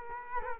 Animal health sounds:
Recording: mosquito wingbeat signal from an infrared sensor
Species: Culex quinquefasciatus

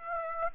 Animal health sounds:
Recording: mosquito wingbeat signal from an infrared sensor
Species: Aedes aegypti

